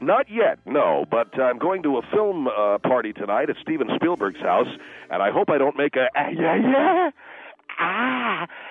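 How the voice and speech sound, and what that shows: Acted adult male speech, fluent until the end, where one syllable repeats rapidly, then a drawn-out vowel and a block. The stutter comes out when he gets nervous.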